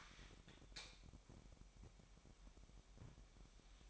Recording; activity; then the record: daily activity, microphone in the room; light on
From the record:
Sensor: 1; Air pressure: 1012.0 hPa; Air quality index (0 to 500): 236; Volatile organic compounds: 6 ppm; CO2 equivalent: 1879 ppm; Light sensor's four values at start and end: 13/32/13/15 and 17/47/18/20